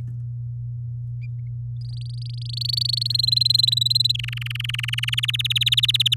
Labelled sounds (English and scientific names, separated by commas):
Domestic Canary (Serinus canaria) song